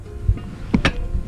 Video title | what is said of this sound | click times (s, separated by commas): How to Open Scooter Seat with Key | that's a click sound. | 0.8 s